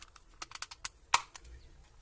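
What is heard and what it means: A plastic cordless-drill battery-pack housing, converted into a mains adapter, is pressed shut onto its base after the spare wire and an 18650 cell are tucked inside. A run of small plastic clicks and taps leads to one loud, sharp snap at 1.1 s, where the shell latches and is clipped in.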